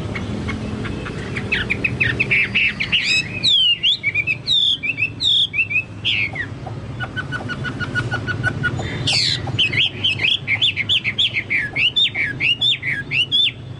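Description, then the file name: Chinese hwamei song starts softly, then bursts into loud swooping whistles and chattering notes, ending in a run of repeated phrases. "hwamei-2-omkicau"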